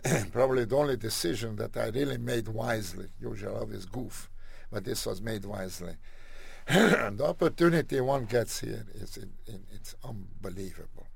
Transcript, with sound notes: Probably the only decision that I really made wisely. Usually I always goof, but this was made wisely. (clears throat) The opportunity one gets here, is it --it's unbelievable.